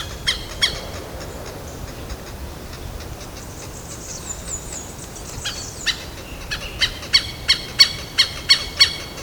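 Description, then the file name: Southern lapwing calls: sharp, strident notes, first scattered, then repeated rapidly about three times a second toward the end, with a thin drawn-out whistle in between. Recorded in a botanical garden in São Paulo, Brazil, dated 11-8-12. "Vanellus-chilensis-JDBotanico-SP-Brazil 11-8-12-ASilveira"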